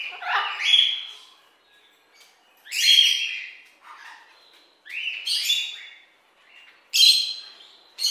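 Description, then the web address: Parrots squawking in harsh, rasping bursts with pauses between. Many parrots together. "mnogo popugaev"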